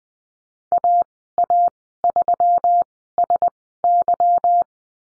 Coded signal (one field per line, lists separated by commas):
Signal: Morse code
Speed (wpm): 20 wpm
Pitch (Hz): 700 Hz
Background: none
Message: AA3SY